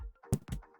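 A plastic PlayStation 5 DualSense game controller is dropped straight down onto the connector of its charging station, giving a sharp click at 0.3 s followed by a second bump around 0.5 s. The controller is seated in the dock and charging.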